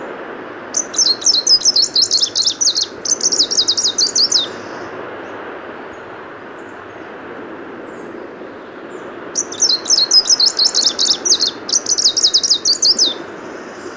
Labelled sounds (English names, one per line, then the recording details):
Greenish Warbler song
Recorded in the wild
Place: Binz, Insel Rügen, Mecklenburg-Vorpommern, DE
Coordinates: 54.374, 13.662
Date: 1978-06-17
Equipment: Nagra III BH, Sennheiser MD 21, parabola
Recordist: Schubert, Michael
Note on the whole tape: Spontangesang Grüner Laubsänger